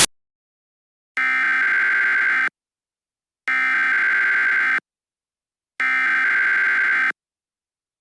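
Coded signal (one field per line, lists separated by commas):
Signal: Emergency Alert System (SAME) tones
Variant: header bursts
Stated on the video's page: Fictional scenario alert, self-made, containing valid tones.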